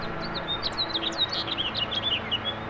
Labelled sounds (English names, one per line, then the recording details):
House Finch song
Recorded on Long Island, New York, on 21 April 2011
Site PW
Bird B